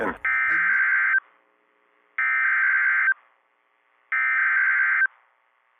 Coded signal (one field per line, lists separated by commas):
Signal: Emergency Alert System (SAME) tones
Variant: header bursts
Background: speech